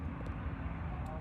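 A crimped wire terminal, turned so its lock release faces up, is being pushed into the plastic headlight electrical plug housing of a Lexus LX470 during a headlight retrofit, where it will lock onto a small plastic nub inside. Only a steady, broadband background rumble is heard, with no distinct click or sharp sound. Nothing has seated or clicked yet.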